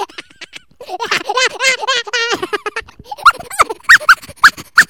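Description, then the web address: Squirrel squeaks: a run of buzzy whining notes, then several sharp, rising chirps in quick succession. Squirrels mating. "zvuk Sukajici. veverky"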